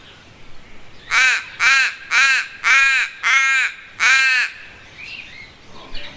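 Crow calling a rapid run of six raspy caws, roughly two per second.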